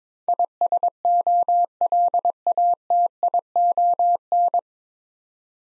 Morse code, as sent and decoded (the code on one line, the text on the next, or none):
.. ... --- .-.. .- - .. --- -.
ISOLATION